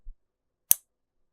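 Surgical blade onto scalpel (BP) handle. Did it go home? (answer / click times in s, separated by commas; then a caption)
yes / 0.7 s. A metal surgical blade is slid onto a Bard-Parker (BP) scalpel handle and pushed until it locks into the notch. After a faint low thump near 0.1 s, a sharp, bright metallic click sounds at 0.7 s and decays quickly. The blade is now seated and fixed on the handle.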